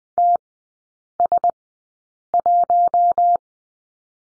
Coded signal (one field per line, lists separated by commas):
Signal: Morse code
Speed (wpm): 20 wpm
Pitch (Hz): 700 Hz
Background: none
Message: TS1